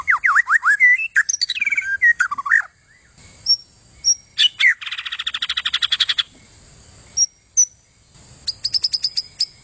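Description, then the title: White-rumped shama song: rich whistled phrases sliding up and down, then a fast buzzy rattle of repeated notes, short high whistles and a quick trilled burst at the end. "kicau murai batu panjang"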